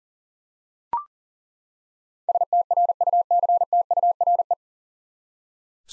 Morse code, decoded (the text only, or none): STRUCTURE